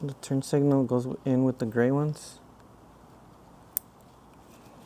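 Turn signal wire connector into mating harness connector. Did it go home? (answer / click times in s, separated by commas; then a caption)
yes / 3.8 s. Someone talks for about two seconds, then after a quiet stretch a motorcycle's turn signal wire connector is pushed into its mating gray harness connector during a Dominator bars install. A single sharp click at 3.8 s shows the connector has seated.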